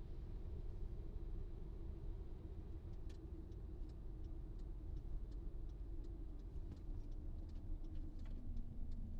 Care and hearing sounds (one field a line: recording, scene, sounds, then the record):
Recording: everyday scene through a hearing-aid microphone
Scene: in a vehicle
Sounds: engine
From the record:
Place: VW T5 Caravelle, diesel engine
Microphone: in the ear canal, right